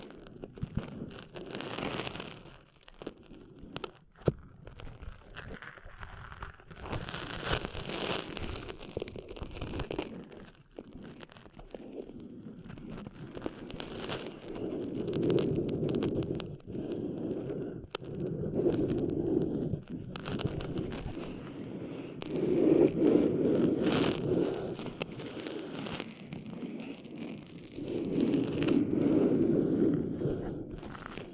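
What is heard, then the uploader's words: Sand is scratched and rubbed out of an ear in a muffled, irregular scraping that keeps shifting in density. Sharp ticks and crackles punctuate it, around 4, 10 and 17 seconds, and the rubbing swells into thicker, duller bursts near 15, 23 and 29 seconds. ASMR Cleaning Sand Out of Your Ears (No Talking).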